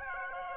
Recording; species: mosquito wingbeat signal from an infrared sensor; Aedes aegypti